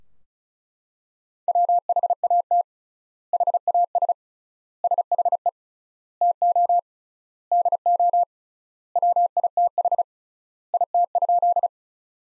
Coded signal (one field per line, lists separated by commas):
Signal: Morse code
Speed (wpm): 36 wpm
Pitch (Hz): 700 Hz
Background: none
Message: WHAT HAS SHE TO DO WITH IT?